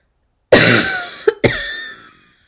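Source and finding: Adult. Cough.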